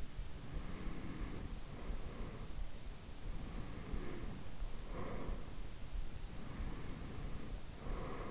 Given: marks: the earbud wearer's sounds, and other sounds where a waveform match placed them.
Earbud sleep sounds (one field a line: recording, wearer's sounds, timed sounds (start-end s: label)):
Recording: sounds in sleep by an in-ear microphone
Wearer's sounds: breath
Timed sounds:
0.26-2.46 s: breath
3.20-5.41 s: breath
6.34-8.31 s: breath